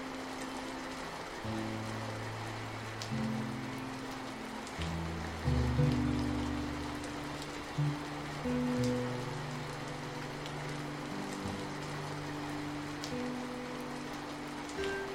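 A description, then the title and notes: Soft, steady rain hisses throughout, with scattered sharper drops ticking through it. Underneath, low held music notes change every second or two, building slow overlapping chords that swell slightly around the middle before settling again. Gentle Night Rain Sounds & Beautiful Relaxing Music. The rhythmic pitter-patter of the raindrops. The soothing melodies and harmonies weave seamlessly with the rain sounds.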